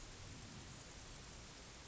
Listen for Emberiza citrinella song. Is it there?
no